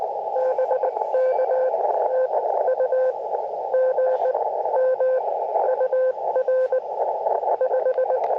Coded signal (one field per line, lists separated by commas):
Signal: Morse code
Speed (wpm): 20 wpm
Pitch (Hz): 520 Hz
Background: radio noise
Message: BK TU GM UR 5